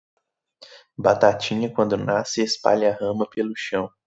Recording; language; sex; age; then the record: short text; Brazilian Portuguese; male; 20 to 29 years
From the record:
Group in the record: control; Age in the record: 24 years